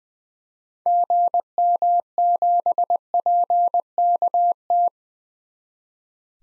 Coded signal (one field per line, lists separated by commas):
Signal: Morse code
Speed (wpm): 21 wpm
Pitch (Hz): 700 Hz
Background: none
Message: GM7PKT